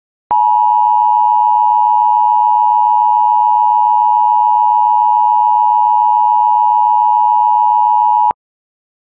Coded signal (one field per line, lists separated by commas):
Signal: Emergency Alert System (SAME) tones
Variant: 853 and 960 Hz attention tone